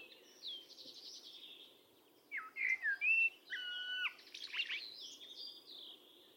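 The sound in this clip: Bird calls: buzzy high trills at first, then clear whistled notes and flat slurred tones in the middle, followed by mixed chirps that fade out.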